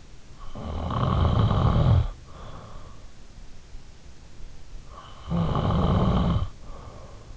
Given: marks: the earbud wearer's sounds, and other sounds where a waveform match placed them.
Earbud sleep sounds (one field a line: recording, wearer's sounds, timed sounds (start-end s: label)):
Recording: sounds in sleep by an in-ear microphone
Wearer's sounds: snoring breath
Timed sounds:
0.11-3.26 s: snoring breath
4.80-7.37 s: snoring breath